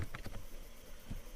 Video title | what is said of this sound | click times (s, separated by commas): GM Short Shifter install 2017 Camaro SS | when we put this back in we're just gonna line our tabs in the front and this snaps right into place | 0.1 s